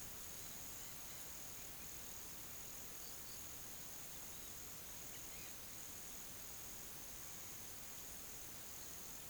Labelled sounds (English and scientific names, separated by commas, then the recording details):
none
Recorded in pastures near Puerto Asís, Putumayo, Colombia, on 25 June 2025 at 11:00
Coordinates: 0.487, -76.322
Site H26